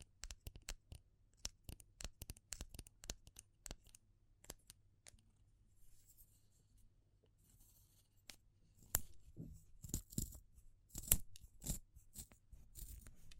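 Wood, bamboo and straw give sharp irregular clicks and taps, then softer rustling and scratching with louder bursts after nine seconds, over a low hum.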